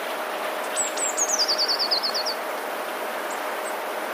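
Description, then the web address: Passerine: songbird call series: a run of many high, quick notes falling slightly in pitch, delivered evenly, followed by two faint single notes amid background hiss. Recorded 15 December 2019. "wroblowe teka mies 15 12 2019. wroblowe teka modraszkoteka"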